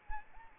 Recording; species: mosquito wingbeat signal from an infrared sensor; Anopheles arabiensis